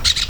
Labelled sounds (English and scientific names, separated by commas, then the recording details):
Brown-throated Parakeet (Eupsittula pertinax) contact call
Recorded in Venezuela
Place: PN Cerro Saroche, Tierras del Sr. Polo, Edo. Lara
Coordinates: 10.171, -69.518